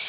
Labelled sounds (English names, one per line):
Bay-breasted Warbler flight call